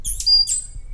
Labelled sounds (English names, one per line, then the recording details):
Stitchbird song
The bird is a male
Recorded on Tiritiri Matangi Island, New Zealand, in 2005
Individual 11, of nest box 13